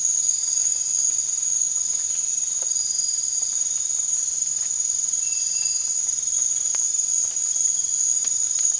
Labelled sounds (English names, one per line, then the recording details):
none
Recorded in dense forest near Puerto Asís, Putumayo, Colombia, on 20 December 2024 at 02:00
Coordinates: 0.468, -76.322
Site G071